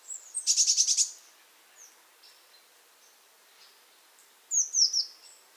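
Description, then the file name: Eurasian blue tit giving a rapid stuttering churr, then scattered soft notes and a final burst of high thin calls. "Cyanistes caeruleus"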